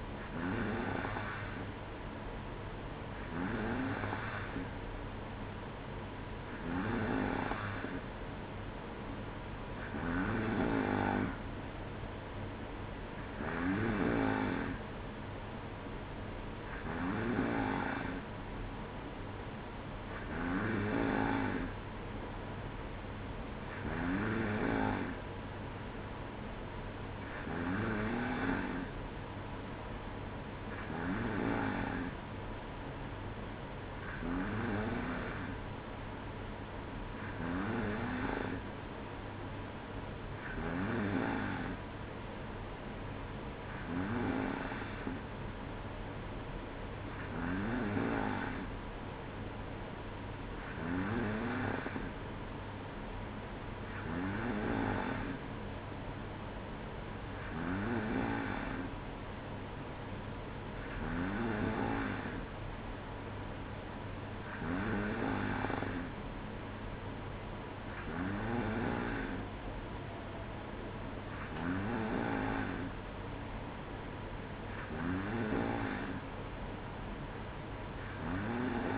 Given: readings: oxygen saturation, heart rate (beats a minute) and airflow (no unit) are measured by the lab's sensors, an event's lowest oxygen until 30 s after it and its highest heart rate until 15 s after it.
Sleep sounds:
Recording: breathing in sleep by a voice recorder at the bedside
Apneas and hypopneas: none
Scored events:
none scored
From the record:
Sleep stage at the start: N2 (light sleep)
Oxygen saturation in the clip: 93 to 94%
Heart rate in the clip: 59 to 62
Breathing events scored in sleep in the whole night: 305 in 9.6 hours asleep

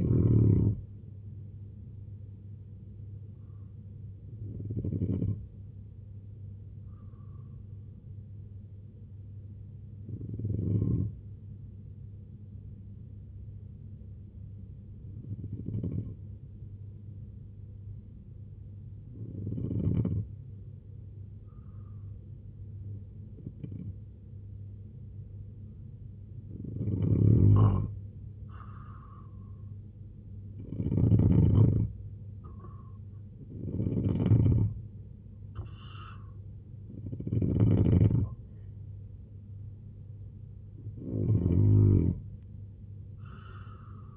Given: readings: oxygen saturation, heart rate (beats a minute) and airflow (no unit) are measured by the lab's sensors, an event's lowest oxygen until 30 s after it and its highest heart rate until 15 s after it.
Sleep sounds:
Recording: breathing in sleep by a smartphone at the bedside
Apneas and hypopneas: 1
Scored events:
3.00-27.40 s: hypopnea (N1, oxygen 95% highest, then 89% lowest, heart rate 68 at the start, 80 highest)
20.00-44.17 s: new sleep stage, N2 (light sleep)
From the record:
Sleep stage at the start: N1 (lightest sleep)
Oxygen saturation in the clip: 86 to 95%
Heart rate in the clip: 64 to 80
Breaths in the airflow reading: 11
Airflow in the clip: -3.5 to 6.3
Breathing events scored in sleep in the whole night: 258 in 7.4 hours asleep

